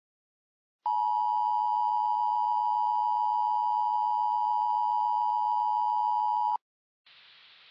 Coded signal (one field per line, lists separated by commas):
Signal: Emergency Alert System (SAME) tones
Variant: 853 and 960 Hz attention tone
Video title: “Florida Tornado Havoc” Remastered [EAS Scenario]